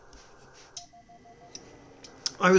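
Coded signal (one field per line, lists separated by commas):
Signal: none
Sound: radio's tuning beeps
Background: speech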